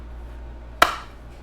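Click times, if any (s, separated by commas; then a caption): 0.8 s. A plastic air filter cover, its tabs tucked underneath, is slid up past the choke lever onto the engine housing of a Ryobi BC30 trimmer, model RY30570. After a quiet low hum, a single sharp, bright snap rings out at 0.8 seconds and fades quickly. The cover clicks firmly into place.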